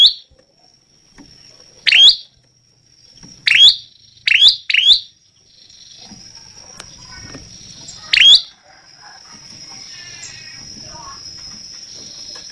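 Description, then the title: Prinia giving a few loud sharp chips, single and in a quick close group, then quiet with a low rumbling background and a steady high whine. Lively, much-singing (gacor) prinia of the local 'lancur' type, recorded as a tutoring track for teaching songbirds (masteran). "Prenjak Lancur Gacor Untuk Masteran"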